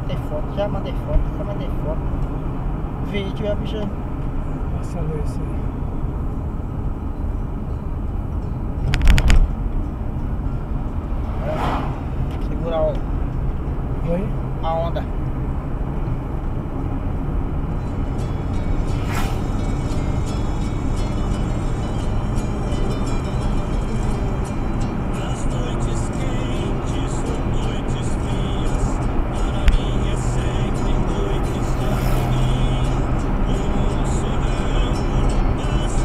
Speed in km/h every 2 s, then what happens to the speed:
52, 50, 44, 44, 46, 49, 52, 54, 58, 62, 65, 68, 71, 73, 76, 78, 80, 80.
0-6 slows to 44. 6-31 speeds up to 80.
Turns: none.